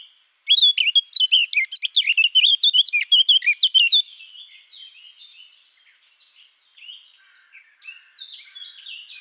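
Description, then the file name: Eurasian blackcap song: a loud rapid warble of chattering notes for about three and a half seconds, then fading into a quieter, softer scratchy warbling. "Sylvia atricapilla"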